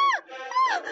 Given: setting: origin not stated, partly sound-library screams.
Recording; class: one-second piece from a danger detection set; woman in danger